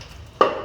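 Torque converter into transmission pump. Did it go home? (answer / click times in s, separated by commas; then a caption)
yes / 0.4 s. A torque converter, thought to have gone in three clicks, is rotated and pushed and drops another click onto the transmission pump splines. A sharp, loud clunk is heard at 0.4 s, and it rings briefly over a quiet background. The converter is now seated further into the pump.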